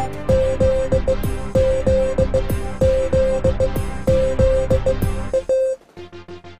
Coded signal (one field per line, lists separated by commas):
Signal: Morse code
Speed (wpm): 19 wpm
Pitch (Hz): 520 Hz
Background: music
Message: ZZZZA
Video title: learn morse code